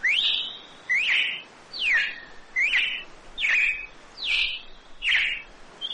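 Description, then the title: Red-cowled cardinal song, rich whistled phrases, each opening with a fast descending slur, repeated about once a second in an even rhythm. Female singing. "Canto Galo Campina Fêmea"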